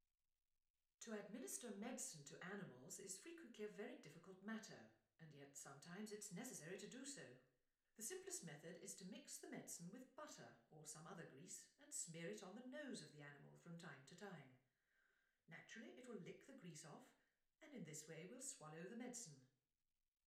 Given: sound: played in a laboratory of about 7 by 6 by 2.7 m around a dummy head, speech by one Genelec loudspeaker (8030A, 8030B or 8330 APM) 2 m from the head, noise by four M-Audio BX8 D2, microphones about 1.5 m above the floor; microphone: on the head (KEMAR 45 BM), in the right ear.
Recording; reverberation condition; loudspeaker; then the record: female speech in English; medium; 120 degrees to the right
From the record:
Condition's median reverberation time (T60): about 510 ms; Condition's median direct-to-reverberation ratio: about -0.5 dB